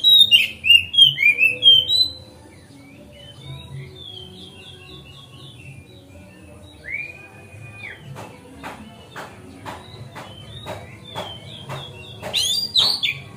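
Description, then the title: Oriental magpie-robin song: rapid tumbling whistles and chatter, softer thin notes and a slurred whistle, then sharp rhythmic clicks before another loud burst of song. Song tutoring (masteran), made on a terrace. "Kacer Masteran Teras"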